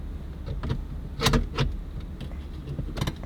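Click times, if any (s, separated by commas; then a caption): none. A notched plastic mounting clip is guided and pushed into its slot in the interior panel of a 2019–2024 Jetta during a DSP plug-and-play amplifier install. Only dull plastic handling knocks and rustles are heard, loudest around 1.3 s and 3.0 s. The clip seats without clicking, so no click is heard.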